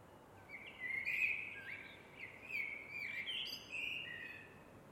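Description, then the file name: Eurasian blackbird singing a run of rich, flute-like warbled phrases, some with brief higher twittery notes, in steady succession against faint background hiss. "MERLES"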